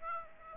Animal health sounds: mosquito wingbeat signal from an infrared sensor; Aedes aegypti

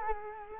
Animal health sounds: mosquito wingbeat signal from an infrared sensor; Culex quinquefasciatus

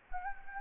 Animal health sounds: mosquito wingbeat signal from an infrared sensor; Anopheles arabiensis

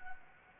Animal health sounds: mosquito wingbeat signal from an infrared sensor; Anopheles gambiae

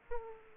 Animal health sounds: mosquito wingbeat signal from an infrared sensor; Aedes aegypti

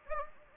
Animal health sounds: mosquito wingbeat signal from an infrared sensor; Anopheles gambiae

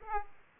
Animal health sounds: mosquito wingbeat signal from an infrared sensor; Aedes aegypti

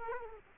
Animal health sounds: mosquito wingbeat signal from an infrared sensor; Culex quinquefasciatus

